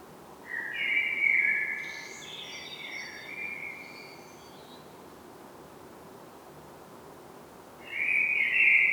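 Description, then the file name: Common blackbird singing a mellow fluted warble that climbs into a thin high twitter, then falls quiet before a second phrase begins near the end. "Turdus merula"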